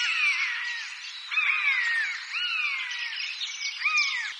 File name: Buse variable